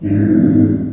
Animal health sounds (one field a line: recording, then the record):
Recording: squeal of a Yucatan mini pig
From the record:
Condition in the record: after surgery on the right vocal fold (resection and tissue-engineered implant)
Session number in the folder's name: 4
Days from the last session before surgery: 26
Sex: female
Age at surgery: 19 weeks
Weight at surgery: 25 kg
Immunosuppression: prednisolone